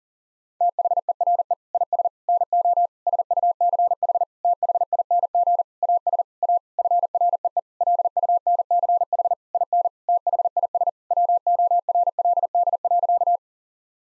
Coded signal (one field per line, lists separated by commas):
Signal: Morse code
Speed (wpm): 40 wpm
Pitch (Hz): 700 Hz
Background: none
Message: THERE IS NO SUCH THING AS A FREE LUNCH IN THIS WORLD.